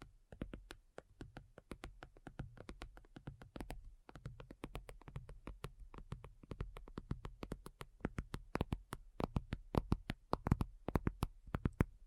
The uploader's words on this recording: ASMR Addictive Tapping. (No Talking).